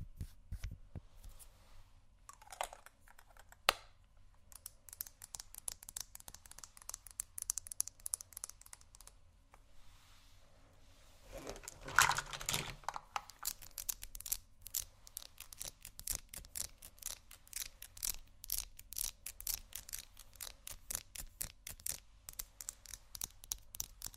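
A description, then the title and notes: Someone rummages through a makeup bag, with dense rapid clicks and rattles of small items, a louder crinkling burst near twelve seconds, then steady clatter. ASMR Rummaging Through My Makeup Bag （No Talking）.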